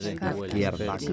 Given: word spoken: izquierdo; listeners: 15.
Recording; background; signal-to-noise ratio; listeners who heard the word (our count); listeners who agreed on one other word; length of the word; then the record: one Spanish word in noise, from a listening test; four-talker babble; 0.2 dB; 0 of 15; 7 of 15; 0.73 s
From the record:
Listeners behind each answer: 7, 1, 1, 1, 1, 1, 1, 1, 1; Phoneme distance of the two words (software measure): 10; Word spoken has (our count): 3 syllables, 8 phonemes, stress on syllable 2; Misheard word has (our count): 3 syllables, 8 phonemes, stress on syllable 2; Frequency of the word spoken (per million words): 28.77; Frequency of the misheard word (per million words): 145.72